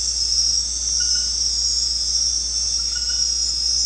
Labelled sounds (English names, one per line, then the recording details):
none
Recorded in secondary vegetation near Puerto Asís, Putumayo, Colombia, on 13 March 2025 at 21:00
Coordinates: 0.484, -76.319
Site G010